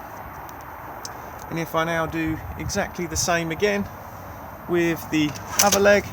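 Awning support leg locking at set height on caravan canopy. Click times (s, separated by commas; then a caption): 1.0 s. A Swift Sundance 620 FB caravan's awning support leg, lowered to the ground with the canopy set at the required height, is locked into place with a single short hit at about 1.1 s. Someone then talks. The leg is seated and locked.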